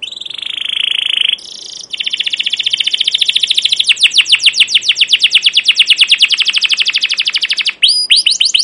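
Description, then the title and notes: Canary song: a steady high whistled note, then a long run of rapid chirps that grows louder before ending in sharp sweeping notes. Captive canaries; long continuous chirping "cuit cuit" rolling song, used as a tutor recording to provoke and teach young canaries to sing. "CUIT CUIT NGEROL LANGSUNG GACOR PANJANG Kenari Ini AMPUH Utk Pancingan KENAR. PANCINGAN Kenari GACOR PANJANG Cuit CUIT EMOSI ini AMPUH utk MASTERAN Kenari PAUD belajar BUNYI. burung kenari"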